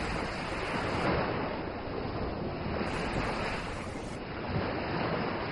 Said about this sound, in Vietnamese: Tiếng sóng cuồn cuộn, tiếng gió, thêm tiếng còi cảnh sát đòi mạng vang lên truyền vào tai mọi người.